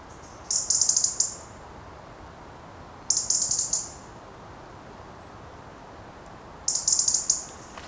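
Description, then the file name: European robin repeating brief, very high rattling bursts, three in eight seconds at uneven intervals, against a soft steady background. "Erithacus rubecula"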